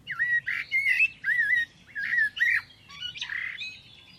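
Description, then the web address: Bird song: short bursts of wavering whistles mixed with harsher notes, then a brief pause and a few softer notes. "Deverinetal. Bird Only"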